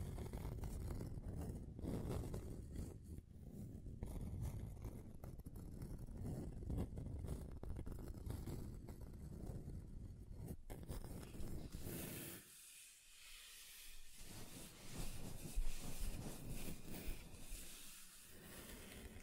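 A table is scraped and scratched across different surfaces, a dense, grinding rumble heavy in the low end for the first twelve seconds. Then the sound turns thinner and hissier, with brighter rasping strokes and brief quieter gaps near 13 and 18 seconds.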